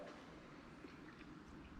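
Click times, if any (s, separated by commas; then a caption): none. A plastic right side cover is handled against the frame of a Husqvarna SM 701 motorcycle (2017–2019) as it is about to be pushed into its mounts and locked down. Only a steady, low broadband background noise is heard for the 1.8 seconds, with no distinct hits. Nothing has seated or clicked into place yet.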